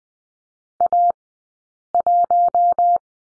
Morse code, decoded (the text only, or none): A 1